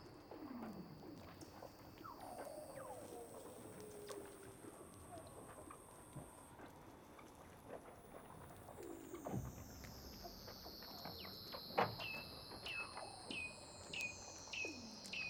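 Weddell seals call underwater in a busy chorus: long descending whistles and sweeping glides, some sliding down over several seconds, others rising high and bright. Short clicks, chirps and quick downward chirps scatter throughout, over a steady low rumble and hiss.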